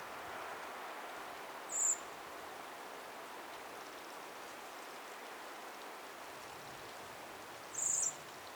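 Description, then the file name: Eurasian blackbird calls, two short, thin, very high notes about six seconds apart, with constant rushing background noise. "Turdus merula"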